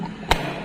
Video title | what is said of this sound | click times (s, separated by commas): book പോലത്തെ ഒരു locker കണ്ടോ | ഞാൻ ഈ ലോക്ക് റിലീസ് ചെയ്തു കഴിഞ്ഞാൽ ഇപ്പൊ | 0.3 s